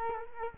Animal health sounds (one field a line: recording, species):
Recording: mosquito wingbeat signal from an infrared sensor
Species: Culex quinquefasciatus